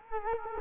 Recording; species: mosquito wingbeat signal from an infrared sensor; Culex quinquefasciatus